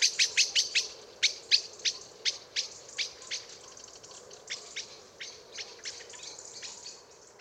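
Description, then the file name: Common blackbird repeating hard chink calls rapidly, loud at first and then gradually softer and more irregular, with faint higher chips between. "Turdus merula"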